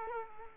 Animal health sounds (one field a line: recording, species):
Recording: mosquito wingbeat signal from an infrared sensor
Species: Culex quinquefasciatus